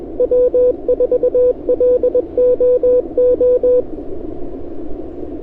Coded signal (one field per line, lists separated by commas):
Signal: Morse code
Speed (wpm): 21 wpm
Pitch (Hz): 500 Hz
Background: radio noise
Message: W4LOO